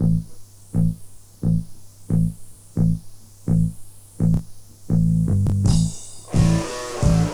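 An adult's heartbeat, steady low thumps at about 85 beats per minute, with a burst of louder broadband noise toward the end.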